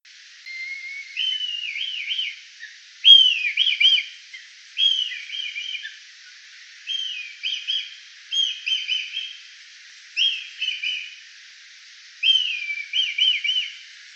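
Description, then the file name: Kite whinnying repeatedly, about seven tremulous whistled phrases, each a sharp high note followed by a wavering trill. "oiseau Milan"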